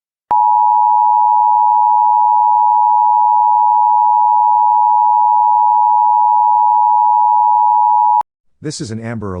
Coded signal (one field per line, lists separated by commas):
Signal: Emergency Alert System (SAME) tones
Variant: 853 and 960 Hz attention tone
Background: speech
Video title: EAS Child Abduction Emergency (AMBER Alert) Salt Lake City, Utah Statewide Alert